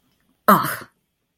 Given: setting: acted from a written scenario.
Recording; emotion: vocal sound without words; disgust